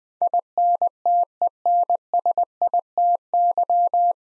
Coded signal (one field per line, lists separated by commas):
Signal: Morse code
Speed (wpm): 20 wpm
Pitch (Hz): 700 Hz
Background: none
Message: INTENSITY